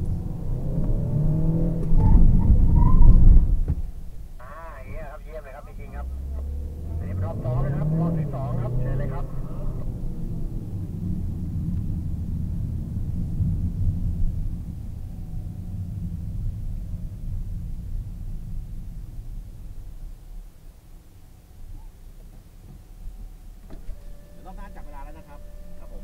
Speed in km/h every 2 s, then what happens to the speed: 39, 0, 0, 30, 39, 26, 25, 23, 18, 6, 0, 0, 0.
0-2 brakes to 0. 2-5 standing. 5-7 pulls away to 39. 8-19 brakes to 0. 19-26 standing.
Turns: 8-15.